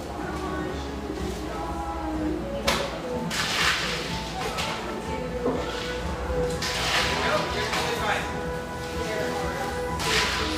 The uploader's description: industrial-aesthetic cafe in Portland's pictureesque Grant Park neighborhood